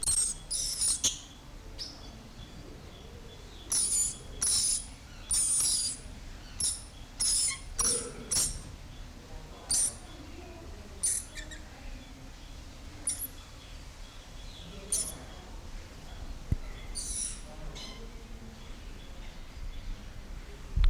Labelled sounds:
Coconut Lorikeet

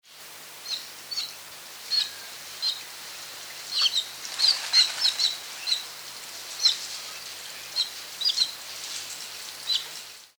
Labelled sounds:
Common Murre

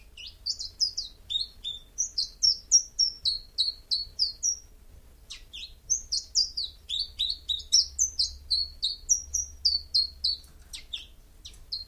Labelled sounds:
Common Chiffchaff song

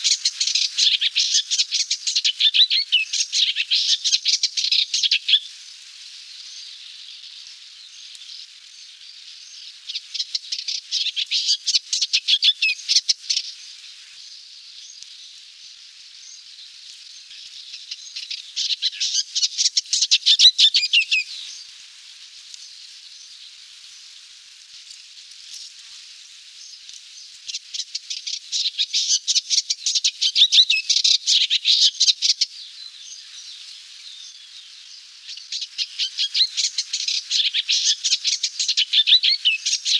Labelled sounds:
Eastern Olivaceous Warbler song

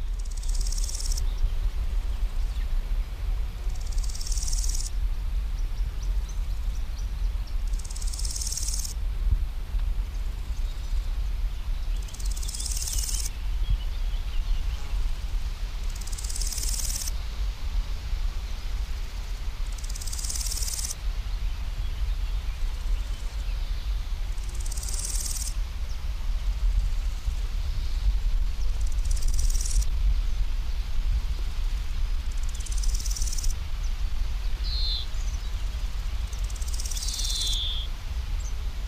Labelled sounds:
Marsh Warbler song

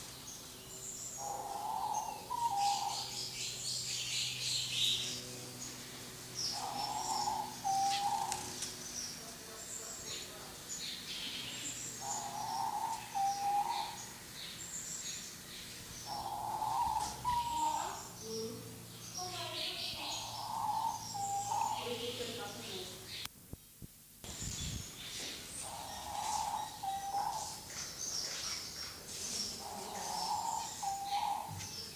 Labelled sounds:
Diamond Dove courtship call

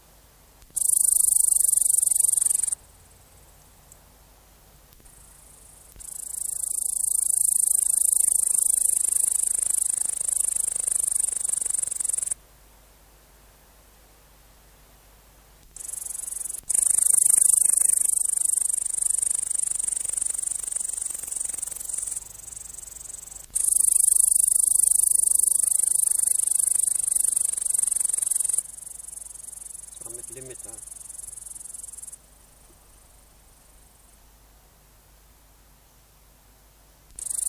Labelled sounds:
Upland Green Bush-cricket stridulation

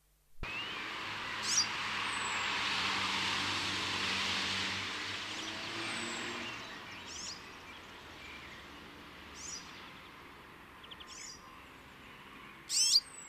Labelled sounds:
European Serin call

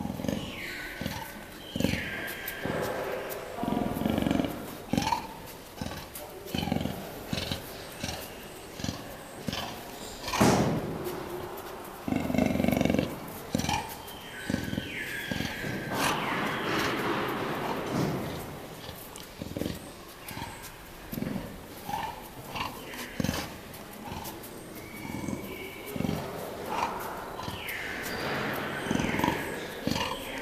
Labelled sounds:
Leopard

